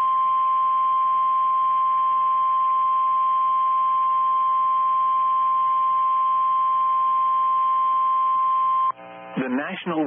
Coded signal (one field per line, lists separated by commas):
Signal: Emergency Alert System (SAME) tones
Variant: 1050 Hz attention tone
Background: speech